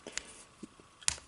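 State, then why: Seated. The plastic leg joint of a Jurassic World Fallen Kingdom Battle Damage Blue dinosaur action figure is moved until it snaps into a detent position. A faint tick is heard at 0.2 s, then a sharp, bright click at 1.1 s as the joint seats into place.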